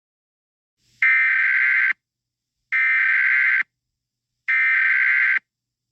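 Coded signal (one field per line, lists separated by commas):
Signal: Emergency Alert System (SAME) tones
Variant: header bursts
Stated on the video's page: Fictional EAS scenario recreation.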